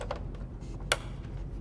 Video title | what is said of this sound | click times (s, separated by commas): Astra Light Panel and Dracast LED Kit | click and you're all sets and right here the | 0.9 s